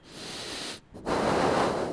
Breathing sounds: one breath in and out by a microphone near the nose and mouth; deep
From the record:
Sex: male

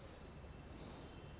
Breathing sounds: one breath in and out by a microphone near the nose and mouth; normal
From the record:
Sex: male

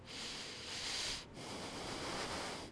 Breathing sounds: one breath in and out by a microphone near the nose and mouth; deep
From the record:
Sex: male

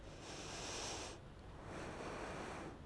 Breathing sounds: one breath in and out by a microphone near the nose and mouth; deep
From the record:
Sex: female

